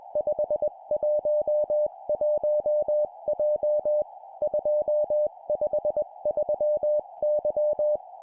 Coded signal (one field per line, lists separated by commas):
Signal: Morse code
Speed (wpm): 21 wpm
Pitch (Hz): 600 Hz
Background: music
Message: 511J 253Y